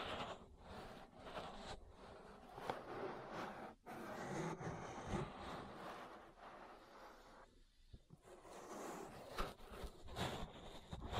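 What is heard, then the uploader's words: Ear massage sounds: dense, irregular rubbing and scraping with soft crackles and brief swishes, pausing briefly near eight seconds before resuming. ASMR Relaxing Ear Massage. (No Talking).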